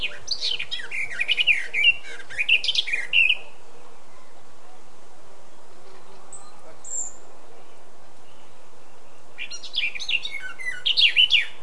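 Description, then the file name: Eurasian blackcap song: a bright warbling phrase of swooping whistles, then about six seconds of near quiet broken by a thin high sound, then another fluty burst. "Sylvia atricapilla"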